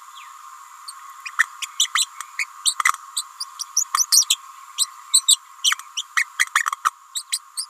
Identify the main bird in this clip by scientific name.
Forpus passerinus